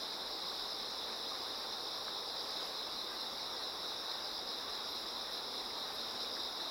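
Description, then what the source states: Steady insect chorus, a high buzzing shimmer without pauses, layered over the even roar of running water. Many insects singing in chorus beside a slowly flowing river.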